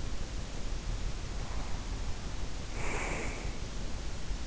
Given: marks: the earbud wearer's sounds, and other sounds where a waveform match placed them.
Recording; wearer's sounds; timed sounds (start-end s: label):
sounds in sleep by an in-ear microphone; breath
1.32-3.79 s: breath